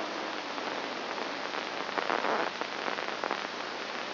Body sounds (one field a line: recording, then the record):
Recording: brain microelectrode recording played as sound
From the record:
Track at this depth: inside the subthalamic nucleus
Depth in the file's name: 2.902 mm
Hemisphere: left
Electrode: 2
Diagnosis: Parkinson's disease